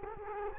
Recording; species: mosquito wingbeat signal from an infrared sensor; Culex quinquefasciatus